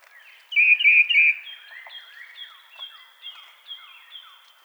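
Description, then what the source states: Tufted titmouse giving one quick phrase of three whistled notes, followed by a series of soft descending slurred notes and thin higher whistles. Recorded 2007-03-24.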